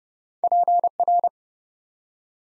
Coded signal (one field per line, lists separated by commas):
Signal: Morse code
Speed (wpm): 30 wpm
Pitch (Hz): 700 Hz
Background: none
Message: PR